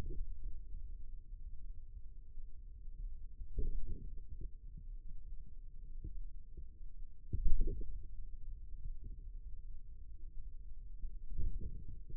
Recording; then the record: forearm muscle sounds (acoustic myography)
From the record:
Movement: radial deviation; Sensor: system 2, bracelet of six BSWA MPA416 microphones around the upper forearm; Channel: 4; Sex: male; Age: 22 years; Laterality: right